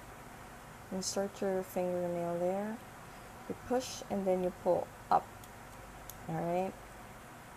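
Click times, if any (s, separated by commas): 6.1 s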